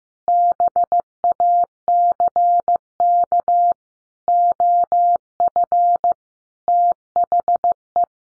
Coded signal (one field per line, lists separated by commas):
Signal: Morse code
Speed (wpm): 15 wpm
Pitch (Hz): 700 Hz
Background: none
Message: BACK OF THE